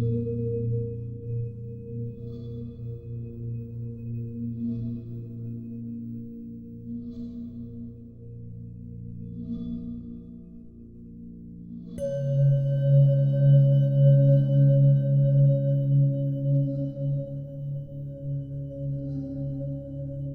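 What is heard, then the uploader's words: Singing bowls hum in long, steady tones, low and warm with a clear ringing overtone above. Around twelve seconds a new, louder bowl is struck and takes over, its deeper tone swelling and shimmering with a slow wobble as it sustains to the end. Binaural Singing Bowls.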